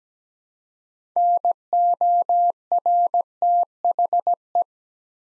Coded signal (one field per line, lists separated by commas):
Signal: Morse code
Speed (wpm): 17 wpm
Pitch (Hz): 700 Hz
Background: none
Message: NORTHE